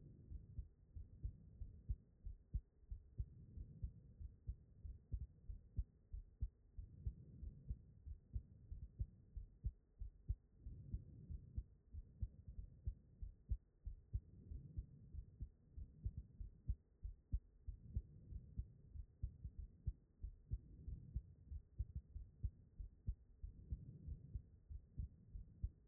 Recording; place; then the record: heart sounds by stethoscope; pulmonary valve (PV)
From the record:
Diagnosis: non-HFrEF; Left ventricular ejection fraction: 65%